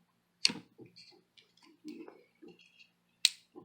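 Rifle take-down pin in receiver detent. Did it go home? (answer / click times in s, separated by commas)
yes / 0.4 s, 3.2 s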